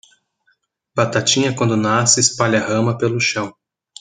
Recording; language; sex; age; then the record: short text; Brazilian Portuguese; male; 30 to 39 years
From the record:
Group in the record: control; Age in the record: 31 years